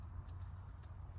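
A connector end is handled as it is pushed back onto its mating part in an engine bay during a repair for an O2 sensor stuck rich. Only a steady low rumble with faint scuffing and handling noises is heard. Nothing has seated or clicked yet.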